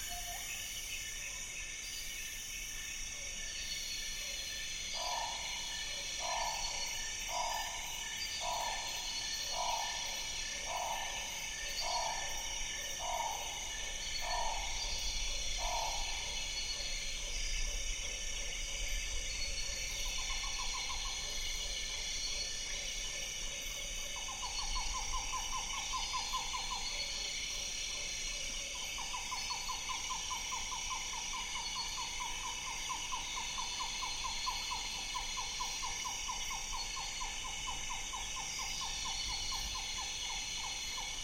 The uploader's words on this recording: Turacos, hornbills, parrots and other birds prepare for the night. Recorded in the Congo Basin Rainforest with a pair of DPA 4061 HDs going into a Sound Devices Mixpre D and a Sony PCM M10. Dusk falls in Mohoba forest as a distant thunderstorm rumbles. The insect chorus is deafening.